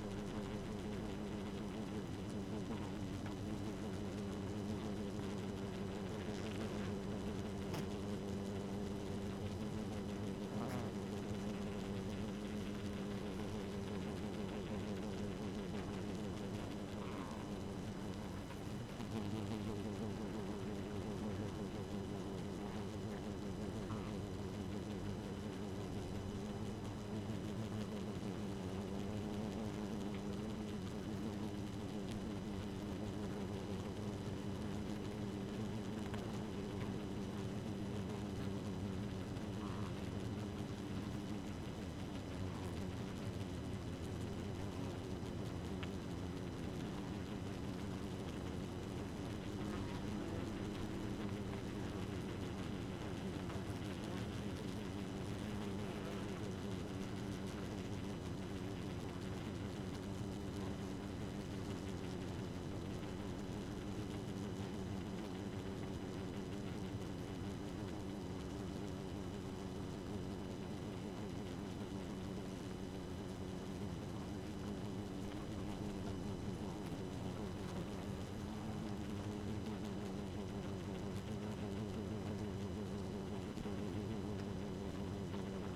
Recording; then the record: honeybee colony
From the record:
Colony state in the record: active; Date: 12 June 2018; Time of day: 1:42